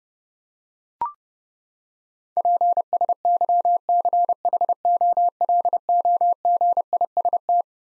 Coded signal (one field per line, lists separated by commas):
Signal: Morse code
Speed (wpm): 30 wpm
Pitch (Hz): 700 Hz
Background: none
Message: PSYCHOLOGIST